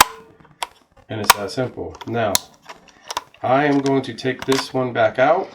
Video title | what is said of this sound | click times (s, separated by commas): Samsung Gear VR 2017 Edition Tutorial and Review | You will just push that down and it's locked into place. | 0.0 s